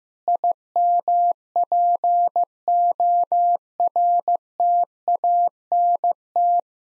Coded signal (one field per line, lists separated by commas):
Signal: Morse code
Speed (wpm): 15 wpm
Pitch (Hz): 700 Hz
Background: none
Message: IMPORTANT